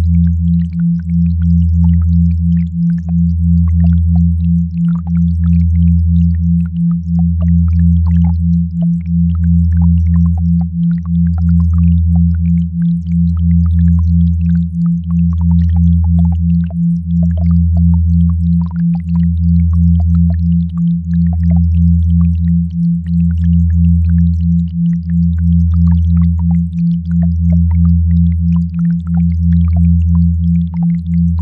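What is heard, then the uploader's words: Pure binaural beat tones hold steady for the whole clip: a low hum throbs slowly, swelling about every two seconds, while a slightly higher tone flutters in quick, even pulses above it. Faint, scattered crackle sits in the background. Pure Binaural Beats.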